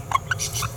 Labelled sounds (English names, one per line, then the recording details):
Green-rumped Parrotlet babbling
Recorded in a nest box in Venezuela
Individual 18B17A4